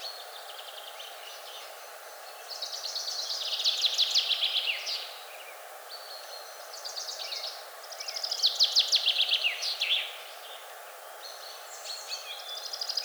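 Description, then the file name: Common chaffinch song, bright trills of sharp notes ending in a flourish, repeated every few seconds over a steady hum. "Fringilla coelebs"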